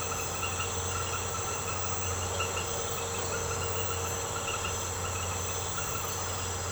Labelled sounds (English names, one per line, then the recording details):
none
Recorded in secondary vegetation near Puerto Asís, Putumayo, Colombia, on 21 March 2025 at 22:00
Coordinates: 0.468, -76.324
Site G059